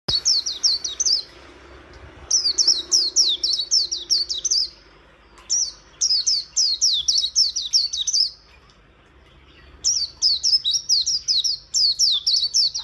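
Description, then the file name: White-eye song repeated in several bursts of quick, thin, high whistles sliding downward, with short silent gaps between phrases. "Zosterops"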